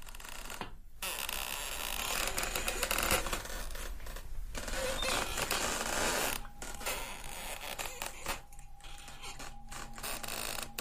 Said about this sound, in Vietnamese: Ở trên tường, tiếng chuông tí tách, chuẩn bị đến nửa đêm, bỗng nhiên có tiếng kèn kẹt ở bên ngoài cửa. Bạch Thường hé mắt nhìn, âm thanh kèn kẹt rất nhẹ vang lên, nhưng trong đêm vắng nó nghe đến chói tai.